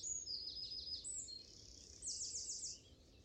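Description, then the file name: Eurasian blackcap giving high song notes in quick repeated runs, faint over steady background noise. "Sylvia atricapilla"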